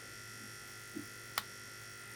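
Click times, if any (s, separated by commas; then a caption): 1.4 s. After some trial and error fitting it back in, an internal mechanism part is pressed into the housing of a Sunstar pop-up toy against a steady background hum. A faint low knock comes at about 1.0 s, then the part snaps into its seat with a single sharp click at 1.4 s. The part is confirmed seated.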